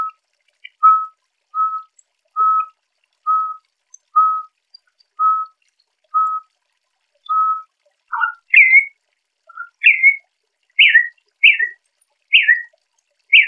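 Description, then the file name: Campo troupial repeating a steady, level whistled note at a regular pace, then switching to higher, inflected whistles that rise and fall, delivered in a brisk series. Calling to fire up a male. "Corrupião-Piando-Para-Esquentar-Macho"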